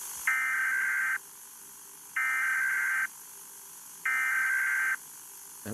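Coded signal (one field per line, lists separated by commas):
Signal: Emergency Alert System (SAME) tones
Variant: header bursts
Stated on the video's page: Fictional analog-horror EAS scenario of a Yellowstone eruption.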